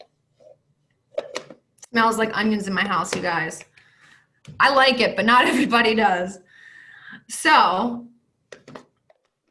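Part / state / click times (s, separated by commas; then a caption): chopper lid onto bowl base / seated / 8.5 s. Someone talks while an onion quarter sits in a pull-string chopper, then the plastic lid is twisted back onto the bowl base until it clicks locked at 8.5 s. A few faint taps follow, and the lid is seated.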